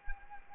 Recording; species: mosquito wingbeat signal from an infrared sensor; Anopheles arabiensis